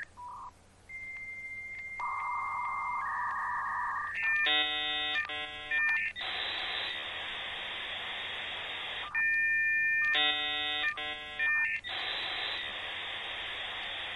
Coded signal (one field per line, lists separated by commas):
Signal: dial-up modem handshake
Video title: DIAL UP MODEM/SOUND EFFECTS|MÓDEM DE ACCESO TELEFÓNICO/EFECTO DE SONIDO